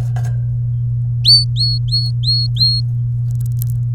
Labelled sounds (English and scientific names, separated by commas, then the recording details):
Domestic Canary (Serinus canaria) song
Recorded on 3 May 2018 at 16:44
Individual llb3